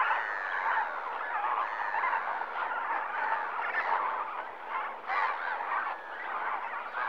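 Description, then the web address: Flamingo flock in full voice, a continuous gabbling of nasal honks, with one sharper, higher call breaking through partway. Flamingos at a lake in Kenya in the morning. "BBC Sound Effects Library. Kenya, Flamingoes"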